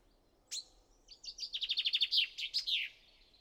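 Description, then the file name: Common chaffinch: a single sharp note, then one song phrase of rapid repeated notes ending in a short flourish. "Fringilla coelebs"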